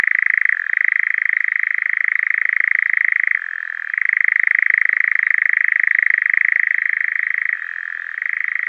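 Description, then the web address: European nightjar churring without a break, a fast even rattle that dips briefly lower in pitch three times before returning to its higher level. Male European nightjar in display. "Schulze Peter Eurasian Nightjar male display"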